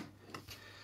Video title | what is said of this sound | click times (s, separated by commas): New 3D Printed RC Build Tour - 3DSets Max Team Van | they're just little friction Clips here that Clips on right to the head of this M3 cylinder head screw and snaps into place | 0.3 s